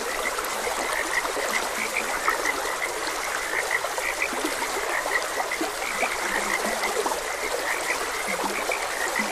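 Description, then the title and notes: Frogs croak in a thick, unbroken chorus with some lower notes now and then, backed by the steady sound of a stream. Frogs croaking beside a gentle stream; continuous nature ambience. "Gentle Stream and Frogs Croaking - 4 Hr Calming Sounds of Nature |Ep56. Sleep and Relaxation Podcast"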